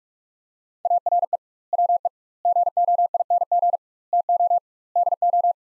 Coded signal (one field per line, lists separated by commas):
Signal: Morse code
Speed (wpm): 46 wpm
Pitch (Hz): 700 Hz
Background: none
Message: ARE WE GOING TO DO